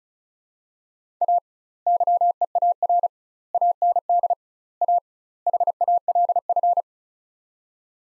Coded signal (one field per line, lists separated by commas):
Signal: Morse code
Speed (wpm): 36 wpm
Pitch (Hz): 700 Hz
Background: none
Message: A YEAR AND A HALF